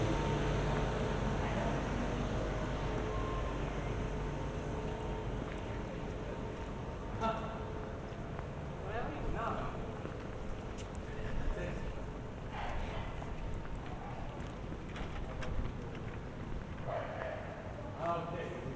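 A walk through the streets of Piran, Slovenia, under a steady low rumble that holds through the whole stretch. Brief voices and scattered clatters surface every second or two from about seven seconds on, with a faint vehicle-like drone beneath.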